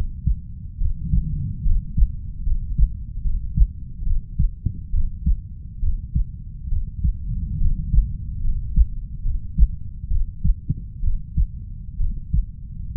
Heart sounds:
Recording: heart sounds by stethoscope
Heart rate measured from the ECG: 69 bpm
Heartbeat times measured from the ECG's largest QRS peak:
0.78 s: heartbeat
1.63 s: heartbeat
2.43 s: heartbeat
3.22 s: heartbeat
4.03 s: heartbeat
4.90 s: heartbeat
5.80 s: heartbeat
6.69 s: heartbeat
7.58 s: heartbeat
8.41 s: heartbeat
9.22 s: heartbeat
10.08 s: heartbeat
11.00 s: heartbeat
11.97 s: heartbeat
12.93 s: heartbeat
From the record:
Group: healthy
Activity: rest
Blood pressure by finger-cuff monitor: 123/66 mmHg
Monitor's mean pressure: 82 mmHg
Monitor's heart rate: 70 bpm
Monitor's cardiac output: 5.9 L/min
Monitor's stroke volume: 84 mL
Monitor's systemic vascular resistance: 1010 dyn s/cm5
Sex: female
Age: 32 years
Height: 168 cm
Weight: 61.9 kg

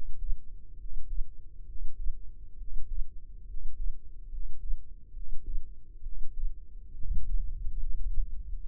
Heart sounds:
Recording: heart sounds by microphone in the left ear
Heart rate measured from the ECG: 69 bpm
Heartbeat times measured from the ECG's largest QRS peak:
0.76 s: heartbeat
1.64 s: heartbeat
2.56 s: heartbeat
3.45 s: heartbeat
4.28 s: heartbeat
5.12 s: heartbeat
6.01 s: heartbeat
6.94 s: heartbeat
7.78 s: heartbeat
8.58 s: heartbeat
From the record:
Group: healthy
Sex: male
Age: 21 years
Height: 170 cm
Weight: 71 kg

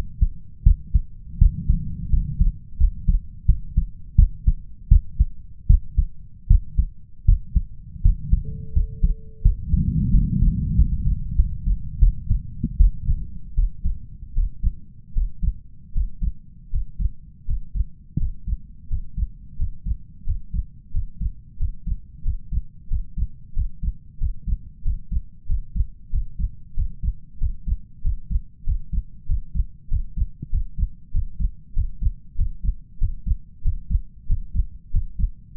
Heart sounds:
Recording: heart sounds by stethoscope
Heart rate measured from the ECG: 88 bpm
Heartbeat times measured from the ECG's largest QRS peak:
0.63 s: heartbeat
1.38 s: heartbeat
2.09 s: heartbeat
2.77 s: heartbeat
3.45 s: heartbeat
4.15 s: heartbeat
4.88 s: heartbeat
5.66 s: heartbeat
6.47 s: heartbeat
7.25 s: heartbeat
8.01 s: heartbeat
8.72 s: heartbeat
9.41 s: heartbeat
10.10 s: heartbeat
10.74 s: heartbeat
11.35 s: heartbeat
11.98 s: heartbeat
12.76 s: heartbeat
13.54 s: heartbeat
14.33 s: heartbeat
15.13 s: heartbeat
15.92 s: heartbeat
16.70 s: heartbeat
17.45 s: heartbeat
18.17 s: heartbeat
18.87 s: heartbeat
19.56 s: heartbeat
20.24 s: heartbeat
20.91 s: heartbeat
21.57 s: heartbeat
22.22 s: heartbeat
22.88 s: heartbeat
23.53 s: heartbeat
24.18 s: heartbeat
24.82 s: heartbeat
25.46 s: heartbeat
26.10 s: heartbeat
26.74 s: heartbeat
27.38 s: heartbeat
28.01 s: heartbeat
28.64 s: heartbeat
29.26 s: heartbeat
29.88 s: heartbeat
30.50 s: heartbeat
31.11 s: heartbeat
31.73 s: heartbeat
32.35 s: heartbeat
32.98 s: heartbeat
33.62 s: heartbeat
34.27 s: heartbeat
34.91 s: heartbeat
35.55 s: heartbeat
From the record:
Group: healthy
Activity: rest 0-8 s, Valsalva maneuver 8-36 s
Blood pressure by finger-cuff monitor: 110/84 mmHg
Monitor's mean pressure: 91 mmHg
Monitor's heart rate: 91 bpm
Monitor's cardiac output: 6.1 L/min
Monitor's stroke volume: 68 mL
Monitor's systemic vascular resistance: 1040 dyn s/cm5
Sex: male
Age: 21 years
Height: 180 cm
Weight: 67.5 kg

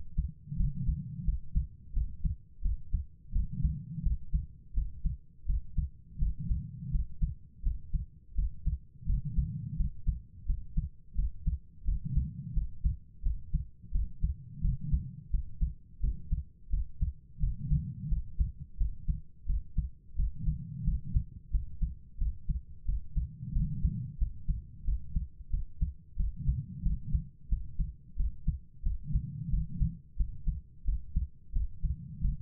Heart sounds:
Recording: heart sounds by stethoscope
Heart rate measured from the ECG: 87 bpm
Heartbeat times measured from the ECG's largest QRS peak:
0.55 s: heartbeat
1.23 s: heartbeat
1.92 s: heartbeat
2.61 s: heartbeat
3.31 s: heartbeat
4.01 s: heartbeat
4.73 s: heartbeat
5.45 s: heartbeat
6.17 s: heartbeat
6.90 s: heartbeat
7.61 s: heartbeat
8.34 s: heartbeat
9.05 s: heartbeat
9.75 s: heartbeat
10.45 s: heartbeat
11.14 s: heartbeat
11.83 s: heartbeat
12.52 s: heartbeat
13.21 s: heartbeat
13.90 s: heartbeat
14.60 s: heartbeat
15.29 s: heartbeat
15.99 s: heartbeat
16.69 s: heartbeat
17.39 s: heartbeat
18.07 s: heartbeat
18.76 s: heartbeat
19.45 s: heartbeat
20.14 s: heartbeat
20.83 s: heartbeat
21.50 s: heartbeat
22.17 s: heartbeat
22.84 s: heartbeat
23.51 s: heartbeat
24.17 s: heartbeat
24.83 s: heartbeat
25.49 s: heartbeat
26.15 s: heartbeat
26.81 s: heartbeat
27.47 s: heartbeat
28.15 s: heartbeat
28.82 s: heartbeat
29.49 s: heartbeat
30.15 s: heartbeat
30.83 s: heartbeat
31.51 s: heartbeat
32.20 s: heartbeat
From the record:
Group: healthy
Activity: rest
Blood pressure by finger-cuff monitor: 121/71 mmHg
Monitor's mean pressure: 89 mmHg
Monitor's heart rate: 87 bpm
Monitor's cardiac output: 7.3 L/min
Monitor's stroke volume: 84 mL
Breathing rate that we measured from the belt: 21 breaths a minute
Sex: female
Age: 32 years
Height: 172 cm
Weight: 71.7 kg

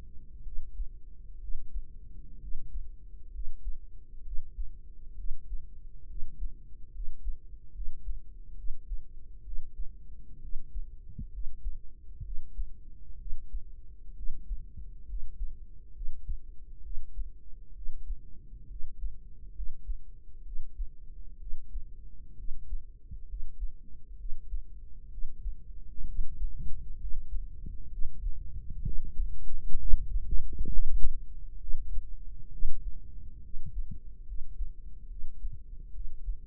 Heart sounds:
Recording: heart sounds by microphone in the right ear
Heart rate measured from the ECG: 66 bpm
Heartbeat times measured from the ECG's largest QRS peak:
0.42 s: heartbeat
1.38 s: heartbeat
2.38 s: heartbeat
3.30 s: heartbeat
4.22 s: heartbeat
5.14 s: heartbeat
6.05 s: heartbeat
6.90 s: heartbeat
7.71 s: heartbeat
8.54 s: heartbeat
9.41 s: heartbeat
10.39 s: heartbeat
11.29 s: heartbeat
12.21 s: heartbeat
13.16 s: heartbeat
14.13 s: heartbeat
15.04 s: heartbeat
15.91 s: heartbeat
16.80 s: heartbeat
17.72 s: heartbeat
18.66 s: heartbeat
19.51 s: heartbeat
20.41 s: heartbeat
21.36 s: heartbeat
22.34 s: heartbeat
23.25 s: heartbeat
24.15 s: heartbeat
25.07 s: heartbeat
26.03 s: heartbeat
26.96 s: heartbeat
27.87 s: heartbeat
28.80 s: heartbeat
29.76 s: heartbeat
30.66 s: heartbeat
31.56 s: heartbeat
32.48 s: heartbeat
33.39 s: heartbeat
34.23 s: heartbeat
35.06 s: heartbeat
35.90 s: heartbeat
From the record:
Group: healthy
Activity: rest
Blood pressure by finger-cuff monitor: 103/64 mmHg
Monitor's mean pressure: 75 mmHg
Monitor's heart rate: 66 bpm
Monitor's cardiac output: 5.4 L/min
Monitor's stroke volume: 82 mL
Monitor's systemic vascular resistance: 1020 dyn s/cm5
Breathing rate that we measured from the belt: 16 breaths a minute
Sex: female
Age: 23 years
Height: 160 cm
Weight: 50.4 kg

